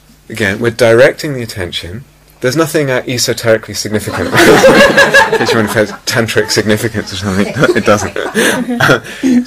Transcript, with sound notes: Again, we're directing the attention. There's nothing esoterically significant. [laughter] In case you wonder if there's tantric significance or something, it doesn't.